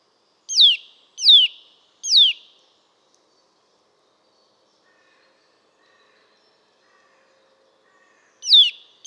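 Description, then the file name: Eurasian nuthatch with three quick falling whistled notes, a long silence of several seconds, then two more calls at the end. "Sitta europaea"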